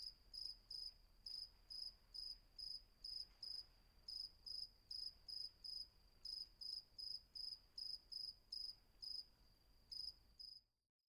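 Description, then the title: Cricket chirping, a steady series of short, high pulsed chirps at roughly two to three per second, with a faint continuous hum beneath. Night atmosphere at Vagia on Patmos, Greece; recorded with a Fostex FR-2 and MKH800 microphone. "Patmos, Vagia, Griechenland - Nachtsimmung 03, Grillen"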